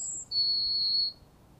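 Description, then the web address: Yellowhammer song ending: a brief high thin note, then a long, steady, lower drawn-out note. Used on a bird nature trail. "Vogellehrpfad Goldammer"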